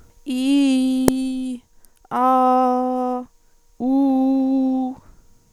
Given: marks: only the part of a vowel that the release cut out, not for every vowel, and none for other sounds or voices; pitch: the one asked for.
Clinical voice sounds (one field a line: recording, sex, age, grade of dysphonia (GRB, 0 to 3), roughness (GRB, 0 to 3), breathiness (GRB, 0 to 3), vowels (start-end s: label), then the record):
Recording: sustained vowels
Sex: female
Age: 30 to 39 years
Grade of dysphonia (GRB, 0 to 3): 1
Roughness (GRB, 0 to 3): 1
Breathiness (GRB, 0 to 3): 1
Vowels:
0.33-1.07 s: vowel /i/, low-high-low pitch
2.20-3.13 s: vowel /a/, low-high-low pitch
3.88-4.83 s: vowel /u/, low-high-low pitch
From the record:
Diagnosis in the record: functional dysphonia, psychogenic dysphonia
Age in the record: 36 years